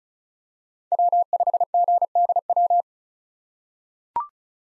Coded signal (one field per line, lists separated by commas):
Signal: Morse code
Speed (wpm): 36 wpm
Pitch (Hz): 700 Hz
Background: none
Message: W5GDW